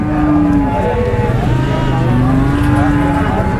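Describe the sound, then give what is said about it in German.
Cows at a weekly livestock market outside Kashgar, on the old Silk Road, where local farmers arrive with tractors and donkey carts, let out two long, low, drawn-out moos over a steady rumbling background of engine noise and crowd hubbub. “Die Bauern aus der Umgebung kommen mit Traktoren und Eselskarren und treiben ihre Schafe und Kühe auf den Marktplatz.”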